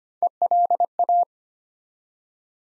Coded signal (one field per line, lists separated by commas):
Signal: Morse code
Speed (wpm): 25 wpm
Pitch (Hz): 700 Hz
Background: none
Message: ELA